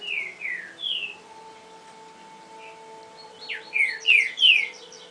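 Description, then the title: Double-collared seedeater song: three slurred whistles, a pause, then several more slurred notes with quick high chips, over a faint low hum. "Canto Coleiro"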